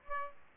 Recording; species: mosquito wingbeat signal from an infrared sensor; Aedes aegypti